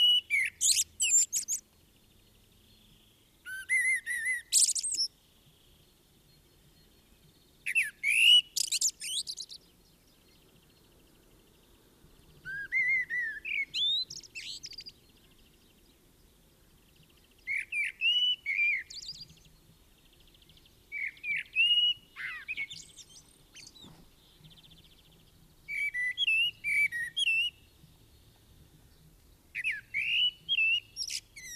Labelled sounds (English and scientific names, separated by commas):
Common Blackbird (Turdus merula) song